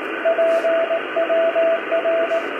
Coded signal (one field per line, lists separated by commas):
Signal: Morse code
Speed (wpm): 18 wpm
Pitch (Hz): 660 Hz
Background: radio noise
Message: PWR